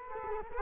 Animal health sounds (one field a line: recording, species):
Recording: mosquito wingbeat signal from an infrared sensor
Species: Culex quinquefasciatus